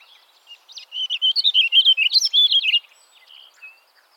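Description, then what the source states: Warbling Vireo song: a rapid, run-on warble of slurred, rising and falling notes lasting about two seconds, followed by a few soft scattered notes. Nominate subspecies Vireo gilvus gilvus.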